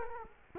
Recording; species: mosquito wingbeat signal from an infrared sensor; Culex quinquefasciatus